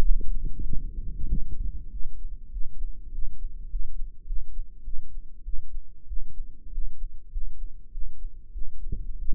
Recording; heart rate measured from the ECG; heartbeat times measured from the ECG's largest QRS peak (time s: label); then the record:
heart sounds by microphone in the right ear; 98 bpm
0.01 s: heartbeat
0.62 s: heartbeat
1.27 s: heartbeat
1.89 s: heartbeat
2.50 s: heartbeat
3.10 s: heartbeat
3.68 s: heartbeat
4.24 s: heartbeat
4.82 s: heartbeat
5.43 s: heartbeat
6.06 s: heartbeat
6.70 s: heartbeat
7.30 s: heartbeat
7.90 s: heartbeat
8.51 s: heartbeat
9.17 s: heartbeat
From the record:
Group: healthy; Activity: rest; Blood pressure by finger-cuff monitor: 126/86 mmHg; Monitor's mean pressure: 99 mmHg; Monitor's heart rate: 100 bpm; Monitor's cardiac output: 7.2 L/min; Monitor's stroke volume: 71 mL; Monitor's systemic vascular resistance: 1010 dyn s/cm5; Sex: male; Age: 21 years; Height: 180 cm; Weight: 67.5 kg